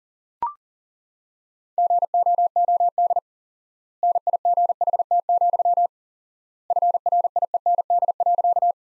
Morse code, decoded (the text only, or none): GOOD NIGHT, FRIEND.